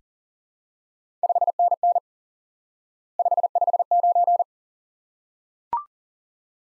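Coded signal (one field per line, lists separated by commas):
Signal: Morse code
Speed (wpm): 43 wpm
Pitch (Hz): 700 Hz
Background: none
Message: 5NN 559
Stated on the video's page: Instant word recognition lesson on common QSO elements: 559.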